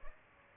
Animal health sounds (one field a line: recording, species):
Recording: mosquito wingbeat signal from an infrared sensor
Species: Aedes albopictus